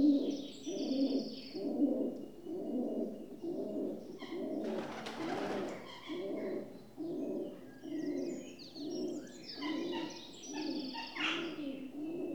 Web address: BBC Sound Effects Library - Birds Rock Dove (Columba Livia) Coos